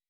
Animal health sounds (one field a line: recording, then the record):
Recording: hydrophone in a shrimp aquaculture tank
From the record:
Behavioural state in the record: weakened